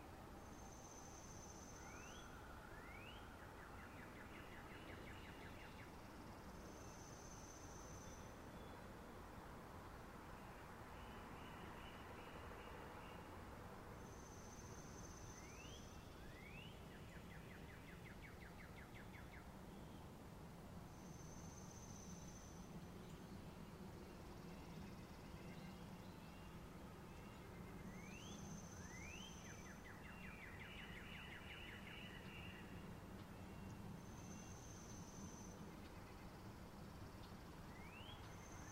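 Spring forest ambience with a steady, dense low rumble running underneath the whole time. High thin whistled bird notes repeat about every seven seconds, each followed by quick chirping trills, while a low murmur drifts through the middle.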